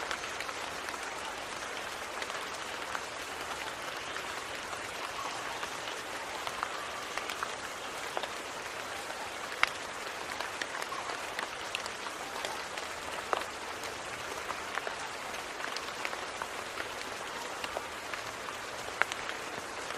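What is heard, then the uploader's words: Rain falls in a dense, steady hiss of countless small drops, pattering like soft applause. The sound sits mostly in the middle and upper range with little low rumble, holding an even level throughout, while a few sharper individual drips tick out now and then. Rainy Bliss: Experiencing the Serene Rain.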